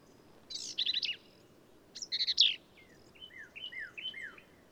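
Black-capped vireo song: a scratchy, stuttered phrase repeated twice, followed by a string of clear, falling whistled notes.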